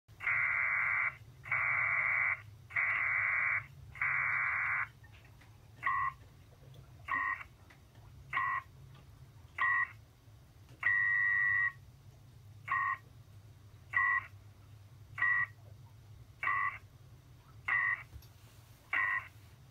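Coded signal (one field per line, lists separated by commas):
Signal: HF data modem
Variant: PACTOR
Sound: rhythmic chirpy data bursts about every 1.2 seconds, five long then many short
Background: low hum, radio static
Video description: This is the ordeal in sending even a short missive via shortwave radio using a pactor modem.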